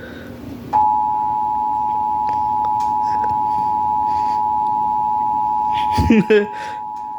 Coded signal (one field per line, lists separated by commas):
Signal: Emergency Alert System (SAME) tones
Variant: 853 and 960 Hz attention tone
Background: speech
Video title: Nationwide Emergency Alert System (EAS 2 AND 3)